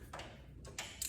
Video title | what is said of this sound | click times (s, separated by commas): DIY Spark Plug Change 992 GT3 | till you hear that nice little click. There we go. | 1.0 s